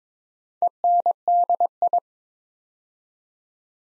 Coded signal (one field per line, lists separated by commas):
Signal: Morse code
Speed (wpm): 22 wpm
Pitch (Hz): 700 Hz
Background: none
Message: ENDI